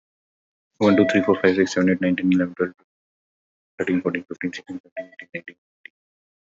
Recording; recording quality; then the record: counting at a fast pace; excellent, no background noise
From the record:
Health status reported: COVID-19 positive, mild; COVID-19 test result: positive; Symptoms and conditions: cough, fatigue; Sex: male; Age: 35 years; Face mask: not worn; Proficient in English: yes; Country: India